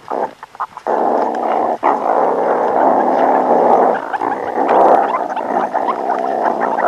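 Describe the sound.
Meerkat harsh growling call: a few short clicks, then a loud, continuous rasping growl that wavers in intensity for about six seconds.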